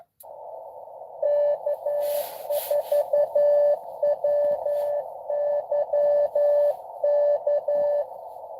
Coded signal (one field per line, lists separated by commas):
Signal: Morse code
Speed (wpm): 12 wpm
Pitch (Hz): 580 Hz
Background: radio noise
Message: K4WYK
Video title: N2AKJ is live! Doing parks on the air at nessequogue river state park us-2114 #pota #cw